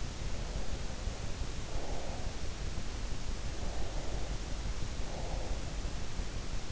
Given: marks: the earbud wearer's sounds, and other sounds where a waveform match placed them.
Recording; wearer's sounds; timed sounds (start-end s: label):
sounds in sleep by an in-ear microphone; breath
0.44-2.57 s: breath
3.54-5.74 s: breath